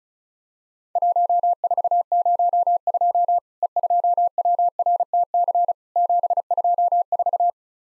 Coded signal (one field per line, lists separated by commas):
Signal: Morse code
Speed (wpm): 34 wpm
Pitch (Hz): 700 Hz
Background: none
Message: 1402 E2WRTC 724